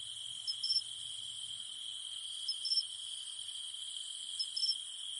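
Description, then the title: Cicadas droning on one high note, with a short double chirp about every two seconds. Cicadas humming at night in the mountains. "In the mountains at night, only the humming of cicadas remains"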